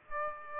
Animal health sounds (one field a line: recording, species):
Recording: mosquito wingbeat signal from an infrared sensor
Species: Aedes aegypti